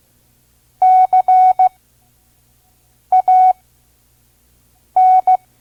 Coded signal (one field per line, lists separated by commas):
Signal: Morse code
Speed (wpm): 16 wpm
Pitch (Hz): 740 Hz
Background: none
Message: CAN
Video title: Morse Code Course. Listen and Learn Part-1 (5 words per minute) Vintage ARRL Course